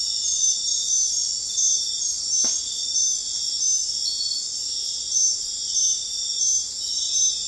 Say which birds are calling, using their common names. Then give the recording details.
none. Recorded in dense forest near Puerto Asís, Putumayo, Colombia, on 21 February 2024 at 01:30. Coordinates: 0.500, -76.322. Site G6465